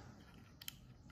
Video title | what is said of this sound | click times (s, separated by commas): Como usar Accu-Chek Active, principais erros com monitor de glicemia (E-1, E-2) | inserted wrongly, you have to put it on and feel a little click and put these | 0.6 s, 0.7 s